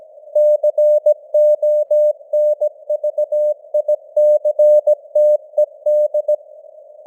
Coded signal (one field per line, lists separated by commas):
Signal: Morse code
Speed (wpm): 17 wpm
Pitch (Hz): 600 Hz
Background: none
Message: CONVICTED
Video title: Morse Code News | 2025-12-03 | 17wpm